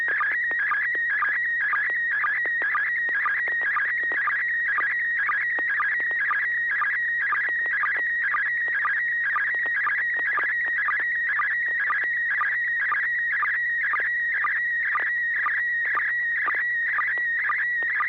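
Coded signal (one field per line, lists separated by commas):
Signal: SSTV (slow-scan television)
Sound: continuous warbling tone with rapid regular short low chirps, steady rhythmic pulsing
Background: low hum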